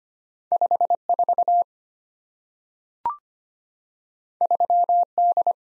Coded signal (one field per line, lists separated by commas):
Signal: Morse code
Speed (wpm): 25 wpm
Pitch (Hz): 700 Hz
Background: none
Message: 54 3D